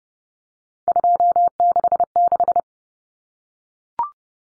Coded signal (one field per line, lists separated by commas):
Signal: Morse code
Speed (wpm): 30 wpm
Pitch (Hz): 700 Hz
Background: none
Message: 266